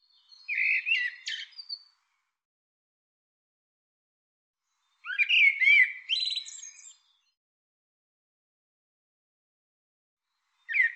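Bird twittering in two chattering bursts separated by a few seconds, each a jumble of squeaky chirps, with a third burst starting at the very end.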